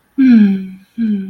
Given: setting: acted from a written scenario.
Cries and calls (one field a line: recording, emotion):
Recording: vocal sound without words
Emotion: sympathy